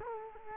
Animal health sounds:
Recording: mosquito wingbeat signal from an infrared sensor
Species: Culex quinquefasciatus

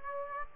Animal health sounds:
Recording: mosquito wingbeat signal from an infrared sensor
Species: Aedes aegypti

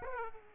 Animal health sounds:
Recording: mosquito wingbeat signal from an infrared sensor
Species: Aedes aegypti

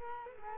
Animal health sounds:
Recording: mosquito wingbeat signal from an infrared sensor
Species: Culex quinquefasciatus

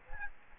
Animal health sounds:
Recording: mosquito wingbeat signal from an infrared sensor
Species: Aedes albopictus

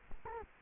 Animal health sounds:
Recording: mosquito wingbeat signal from an infrared sensor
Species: Culex quinquefasciatus

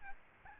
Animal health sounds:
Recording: mosquito wingbeat signal from an infrared sensor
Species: Aedes albopictus

